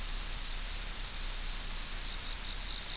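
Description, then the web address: Crickets chirping: rapid, high pulsed trills in repeated bursts over a constant shrill insect hiss. Crickets in a jungle setting. "Spectrasonics - Heart of Africa 1 Partition H 06 JUNGLE FX CRICKETS"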